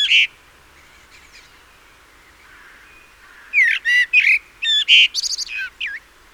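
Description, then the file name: Common blackbird: one sharp high note, then after a long pause a rapid string of high squeaky notes lasting about two and a half seconds. "Turdus merula"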